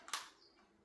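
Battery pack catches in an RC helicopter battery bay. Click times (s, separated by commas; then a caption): 0.1 s. After a flight battery is pushed firmly into the battery bay of a WOLFBUSH AW-911 Airwolf 1/34 scale RC helicopter with optical flow/LIDAR, the two side catches are pulled out and give two quick sharp clicks at 0.1 s and 0.1 s, the second louder. The battery is locked in position, which keeps it from dropping out in flight.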